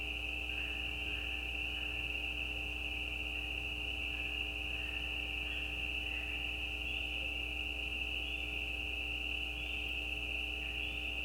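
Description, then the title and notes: Spring peepers in a steady, shrill chorus near one pitch, with faint chirping notes scattered throughout and a constant low hum underneath. Mating calls of peeper frogs, calls more individual with gaps; recorded at night at the side of a gravel road. "Peepers peeping. Peeper frogs mating calls - the calls are more individual with gaps in the recording. Recorded at the side of a gravel road at night. Recorded by Anton Pickard. Part of the Music for Sleep project"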